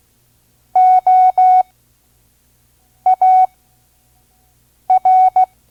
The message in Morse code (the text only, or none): OAR